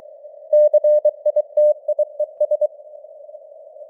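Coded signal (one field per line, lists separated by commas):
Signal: Morse code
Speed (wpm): 23 wpm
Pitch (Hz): 600 Hz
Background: none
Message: CITIES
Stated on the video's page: Simulated news headlines in Morse at 23 wpm with simulated radio noise and varying signal strength (QSB).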